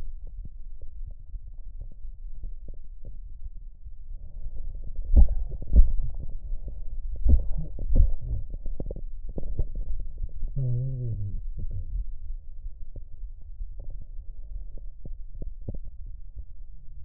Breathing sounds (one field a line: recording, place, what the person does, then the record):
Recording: lung sounds by stethoscope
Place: left anterior apical chest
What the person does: quiet breathing, then cough and speech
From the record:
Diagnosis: COPD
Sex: male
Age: 70 years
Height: 174 cm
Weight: 94 kg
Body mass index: 31.0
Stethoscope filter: extended mode